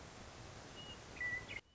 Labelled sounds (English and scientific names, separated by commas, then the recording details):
Western Meadowlark (Sturnella neglecta)
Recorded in Sonoma County, California